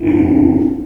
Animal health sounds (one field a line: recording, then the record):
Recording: squeal of a Yucatan mini pig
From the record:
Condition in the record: before surgery on the right vocal fold (resection and tissue-engineered implant)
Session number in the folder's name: 1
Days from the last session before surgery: -21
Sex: female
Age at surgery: 19 weeks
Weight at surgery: 25 kg